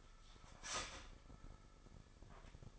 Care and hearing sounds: daily activity, microphone in the room; start toaster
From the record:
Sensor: 5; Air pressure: 995.4 hPa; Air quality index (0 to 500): 108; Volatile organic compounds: 8 ppm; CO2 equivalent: 2078 ppm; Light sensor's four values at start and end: 34/83/33/34 and 35/84/34/34

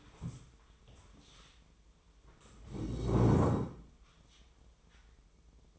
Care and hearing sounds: daily activity, microphone in the room; stand up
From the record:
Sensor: 1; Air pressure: 1005.4 hPa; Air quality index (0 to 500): 123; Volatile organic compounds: 5 ppm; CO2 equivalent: 1722 ppm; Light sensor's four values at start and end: 11/27/11/12 and 11/26/10/11

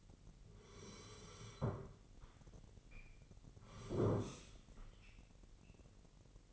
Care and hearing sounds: daily activity, microphone in the room; sit down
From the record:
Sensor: 4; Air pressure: 999.4 hPa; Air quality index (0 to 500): 102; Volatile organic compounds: 2 ppm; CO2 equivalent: 1006 ppm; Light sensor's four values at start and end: 11/26/11/12 and 11/27/11/12

